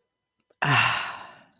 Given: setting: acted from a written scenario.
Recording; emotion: vocal sound without words; serenity